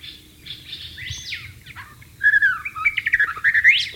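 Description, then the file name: White-rumped shama song: harsh, squawky rising notes first, then a bright, rapid series of whistled and chattering phrases. Wild bird, in the wild. "suara burung murai batu di alam liar"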